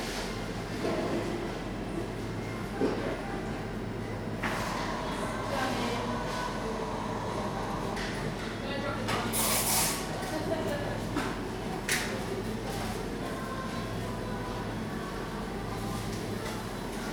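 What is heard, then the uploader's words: Steady coffee-shop murmur of indistinct voices over a low, constant hum. Sharp clinks and clatters of cups and dishes break through now and then, with a bright rattle near the middle and another a couple of seconds later. Coffee shop, part 1. In a coffee shop on a dark evening, rain is falling outside.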